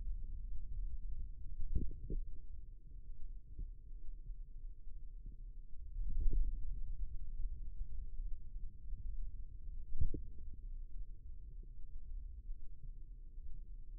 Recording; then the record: forearm muscle sounds (acoustic myography)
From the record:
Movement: ulnar deviation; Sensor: system 2, bracelet of six BSWA MPA416 microphones around the upper forearm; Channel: 4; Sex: male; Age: 22 years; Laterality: right